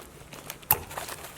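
A greased metal brake slide pin is pushed by hand into its rubber boot in the rear brake caliper bracket of a 2017-2021 Honda CR-V. After a few faint ticks and rustles, a loud, sharp pop at 0.7 s marks the pin seating into place, followed by quieter small clicks.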